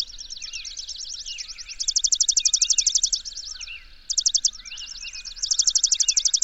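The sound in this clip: Bird: fast high trilling from birds in repeated bursts, accompanied by quick swooping whistled notes lower down.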